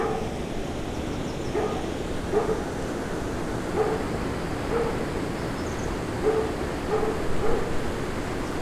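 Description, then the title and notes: Dog barking, several short single barks at uneven intervals, over a steady loud rushing noise throughout. Dog barking as recordist walks toward the Moulin Banal mill, Rue des Comtes de Robiano 4, Braine-le-Château, Belgium; recorded with Lom mikroUsi microphones in AB position into a Sony PCM-M10. "Rue des Comtes de Robiano 4, 1440 Braine-le-Château, Belgique - Moulin Banal and dog. Walking to the mill, a dog barks. Marche vers le moulin banal, un chien aboie"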